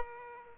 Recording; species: mosquito wingbeat signal from an infrared sensor; Aedes aegypti